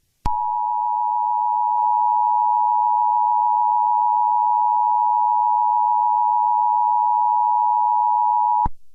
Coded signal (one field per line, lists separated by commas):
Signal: Emergency Alert System (SAME) tones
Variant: 853 and 960 Hz attention tone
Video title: (APRIL FOOLS SPECIAL) Texas Tornado Warning EAS Alarm (MOCK)